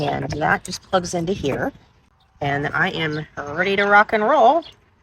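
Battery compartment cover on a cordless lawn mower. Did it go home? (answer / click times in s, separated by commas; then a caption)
no / none. A woman talks while handling the plastic battery compartment cover on a Greenworks foldable cordless lawn mower, after the battery and its safety key have been put in. Only her voice is heard, with a quiet pause in the middle. The cover has not snapped shut yet, and nothing has seated or clicked.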